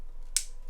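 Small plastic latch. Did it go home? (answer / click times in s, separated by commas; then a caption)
yes / 0.4 s. A magnetic quick-release mount adapter is attached to the bottom of a DJI Osmo Action 4 action camera. Its clips latch with one sharp, bright click at 0.4 s against a quiet background, followed by a faint tick near 0.8 s. The mount is seated securely in place.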